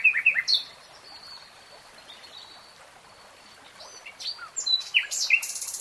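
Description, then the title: Nightingale song fragments: a few sharp notes, a long faint thin whistle, then quick varied chirps and a buzzy ending. Nightingale singing, recorded in real time. "[Tiếng chim hót] 3 Hours REALTIME Nightingale Singing"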